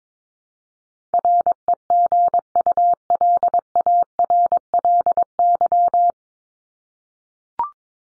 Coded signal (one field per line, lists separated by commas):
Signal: Morse code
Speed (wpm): 22 wpm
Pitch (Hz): 700 Hz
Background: none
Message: REGULARLY